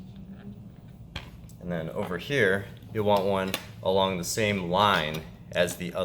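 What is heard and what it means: A plastic guide piece from a Morton Glass Works glass-cutting system is pushed into the slots of a plastic waffle grid to build a straight line. A sharp, loud snap at 1.2 s marks the piece seating into the grid, and then someone talks.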